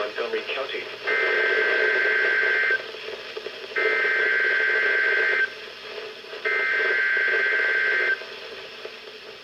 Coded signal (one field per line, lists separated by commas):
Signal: Emergency Alert System (SAME) tones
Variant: header bursts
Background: speech